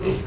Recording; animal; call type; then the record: contact call of a hoofed animal; pig; closed-mouth grunt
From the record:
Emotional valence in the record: positive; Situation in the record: food and toys in familiar pen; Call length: 0.27 s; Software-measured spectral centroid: 2040 Hz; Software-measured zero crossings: 1020 a second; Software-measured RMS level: -24 dBFS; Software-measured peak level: -12 dBFS